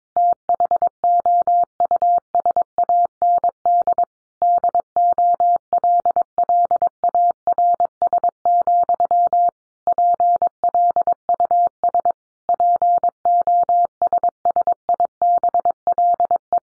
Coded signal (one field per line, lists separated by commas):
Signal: Morse code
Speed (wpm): 22 wpm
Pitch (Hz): 700 Hz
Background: none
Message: THOUSAND DOLLARS, PLUS POSSIBLE